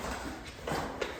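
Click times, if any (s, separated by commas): none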